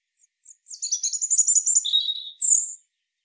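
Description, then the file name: European robin delivering one short, rapid phrase of high tinkling notes that slides lower, ending with a thin whistle. "Erithacus rubecula"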